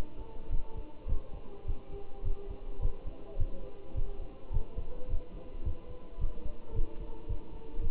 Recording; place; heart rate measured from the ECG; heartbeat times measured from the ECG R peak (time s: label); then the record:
heart sounds by stethoscope; between the tricuspid and mitral areas; 107 bpm
0.52 s: heartbeat
1.09 s: heartbeat
1.67 s: heartbeat
2.25 s: heartbeat
2.82 s: heartbeat
3.39 s: heartbeat
3.96 s: heartbeat
4.53 s: heartbeat
5.10 s: heartbeat
5.65 s: heartbeat
6.20 s: heartbeat
6.75 s: heartbeat
7.29 s: heartbeat
7.82 s: heartbeat
From the record:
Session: Bruce protocol treadmill stress test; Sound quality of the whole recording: good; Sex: male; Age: 25 years